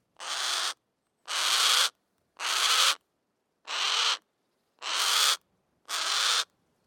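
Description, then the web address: Harris's hawk shrieking: six rasping, noisy squawks of half a second or more, repeated about every second in an even series. Harsh squawk and shriek calls, recorded with a Schoeps microphone. "Soundmind - Predatory Birds. Harris Hawk (Heniek)"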